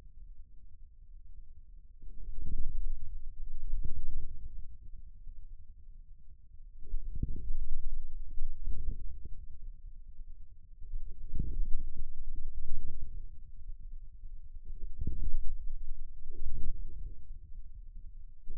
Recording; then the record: forearm muscle sounds (acoustic myography)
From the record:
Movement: inward rotation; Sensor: system 2, bracelet of six BSWA MPA416 microphones around the upper forearm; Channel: 1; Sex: male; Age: 22 years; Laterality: right